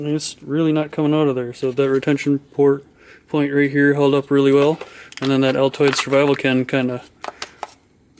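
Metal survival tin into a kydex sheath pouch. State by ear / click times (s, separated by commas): seated / 7.4 s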